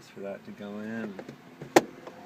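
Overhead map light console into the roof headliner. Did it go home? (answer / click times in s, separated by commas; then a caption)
yes / 1.8 s. Someone talks as a Subaru Outback's overhead map light and airbag indicator console, being refitted during a passenger airbag/console replacement for code 26, is pushed up into the roof headliner. At 1.8 s a sharp click rings out as its plastic tabs snap in, followed by a faint tick at 2.1 s. The console is seated.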